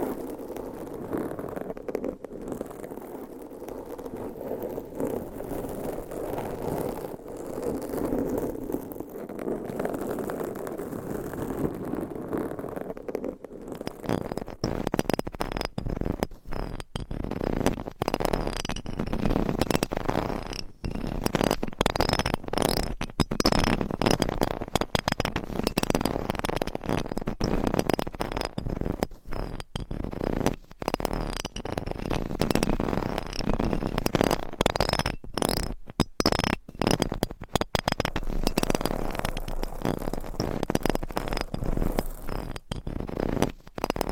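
Scratching on microphones with nails and mic covers. The first thirteen seconds hold a softer, muffled rubbing with a low hum underneath; then the scratching turns louder and crisper, with rapid, uneven strokes and sharp gaps breaking it up until the end.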